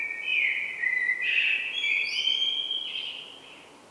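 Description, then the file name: Common blackbird song: a busy run of fluty notes and squeaky twitters lasting about three seconds, then tailing off. "Turdus merula"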